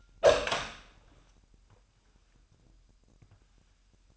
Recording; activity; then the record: daily activity, microphone in the room; open door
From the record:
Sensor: 2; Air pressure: 998.3 hPa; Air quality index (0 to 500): 136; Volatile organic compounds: 4 ppm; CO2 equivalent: 1538 ppm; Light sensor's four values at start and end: 12/33/13/13 and 12/33/13/13